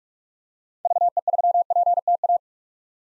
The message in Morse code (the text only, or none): VE3PTA